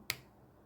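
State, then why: Seated. The cap of a Majohn V60 fountain pen with a #EF6 steel nib is pushed onto the pen body to close it. One sharp, bright click sounds at 0.1 s and dies away quickly into near silence. The cap clicks home and is seated, a nice click.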